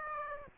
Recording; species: mosquito wingbeat signal from an infrared sensor; Aedes aegypti